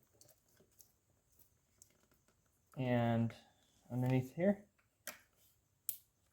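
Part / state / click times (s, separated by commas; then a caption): harness electrical connector into sensor near engine intake tube / seated / 5.9 s. On a 2007 Honda Odyssey during an intake tube replacement, a plastic wiring harness plug is pushed onto a sensor under the intake tube. Someone talks, faint ticks and a click come first, and the connector latches with a sharp click at 5.9 s, seating it.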